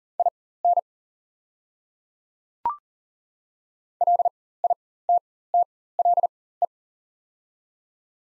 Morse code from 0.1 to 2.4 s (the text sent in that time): IN